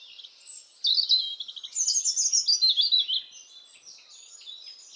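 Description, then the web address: European robin singing a high, tinkling phrase of rapid, jumbled notes with short trilled bursts in the middle, followed by softer, fading twitters. "SETE data Erithacus rubecula"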